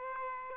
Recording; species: mosquito wingbeat signal from an infrared sensor; Aedes albopictus